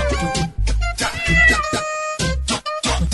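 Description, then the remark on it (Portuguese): A cat meows repeatedly, four or so loud, drawn-out, tonal cries in quick succession, with a low rumbling hum running beneath them. “Pelo fim da violência contra os gatos e gatas do meu Brasil. Mitice, candidata a vereadora.”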